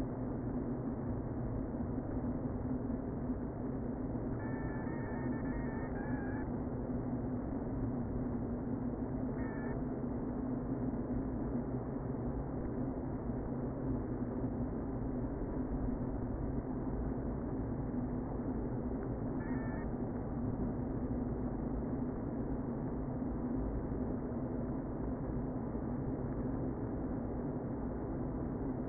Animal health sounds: honeybee colony, microphone inside the hive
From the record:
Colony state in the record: queen present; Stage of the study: before two queens were removed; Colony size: about 60,000 bees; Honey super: yes

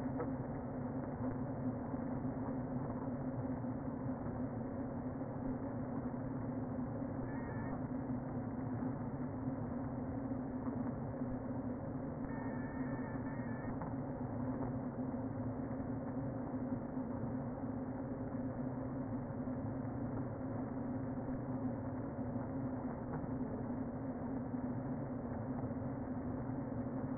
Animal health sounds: honeybee colony, microphone inside the hive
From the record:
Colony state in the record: queen present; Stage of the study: before two queens were removed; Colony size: about 60,000 bees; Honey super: yes

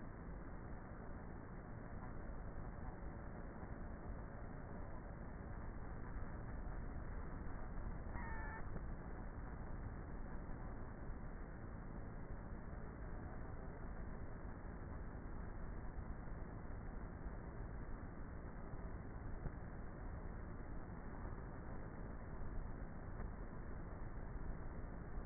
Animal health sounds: honeybee colony, microphone inside the hive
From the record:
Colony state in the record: queenless with a low population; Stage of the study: before two queens were removed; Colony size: about 30,000 bees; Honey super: no

